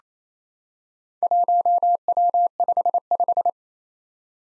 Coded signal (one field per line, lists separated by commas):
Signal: Morse code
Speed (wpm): 29 wpm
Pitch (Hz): 700 Hz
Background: none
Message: 1W55